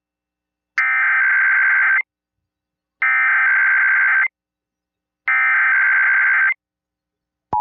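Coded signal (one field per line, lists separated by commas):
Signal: Emergency Alert System (SAME) tones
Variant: header bursts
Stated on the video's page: IPAWS Required Weekly Test relayed on a radio station, recorded through an AUX cord.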